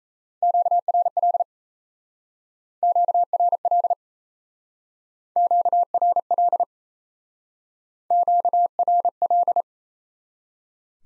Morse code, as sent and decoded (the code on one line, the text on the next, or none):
--.- .-. .-.. / --.- .-. .-.. / --.- .-. .-.. / --.- .-. .-..
QRL QRL QRL QRL